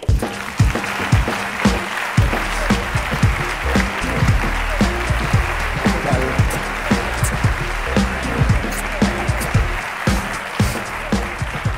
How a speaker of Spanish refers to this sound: Así que por favor reciban con un fuerte aplauso a Marta Peirano.